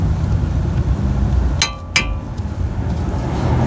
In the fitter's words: So let's take it out and give it a try, and you can hear the audible click once it reaches the foot-pounds that I have selected on the wrench.